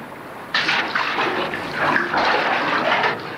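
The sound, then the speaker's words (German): Water gushes and splashes continuously, a broad rushing hiss that starts abruptly and keeps going with slight surges, with no voices over it. “Endlich haben wir Wasser.”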